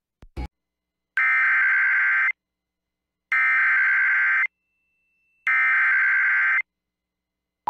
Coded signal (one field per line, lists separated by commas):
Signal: Emergency Alert System (SAME) tones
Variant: header bursts